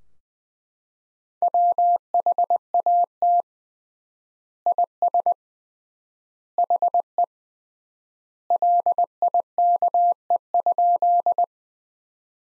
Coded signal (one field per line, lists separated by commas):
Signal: Morse code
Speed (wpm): 21 wpm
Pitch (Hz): 700 Hz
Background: none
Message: WHAT IS HE LIKE?